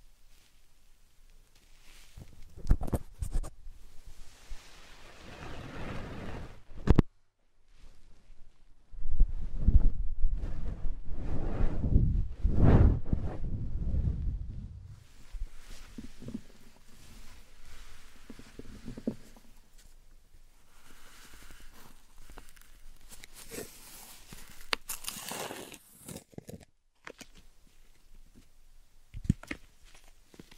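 Slime and sand being handled: soft squishes and crackles, a dense stretch of deep squelching around the middle, then quieter rustling with occasional sharp snaps.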